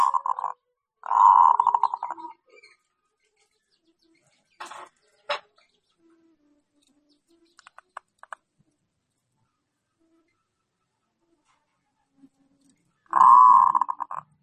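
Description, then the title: Zebra dove song: rapid, beaded cooing phrases at the start and again near the end, with scattered clicks and knocks in the quiet gap between. Local zebra dove singing actively, recorded as a training recording for other birds. "Perkutut Lokal Gacor MASTERAN AMPUH"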